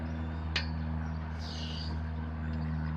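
A motorcycle lift carrying the front end of a subcompact lawn tractor is let down until its steel safety bar drops onto the safety stop. A single sharp clunk sounds at 0.6 s over a steady low hum, and the lift rests all the way down on the stop.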